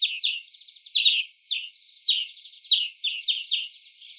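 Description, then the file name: European greenfinch uttering loud clipped chirps in clusters, joined by softer rattling twitters, with a short lull early on. "Chloris chloris"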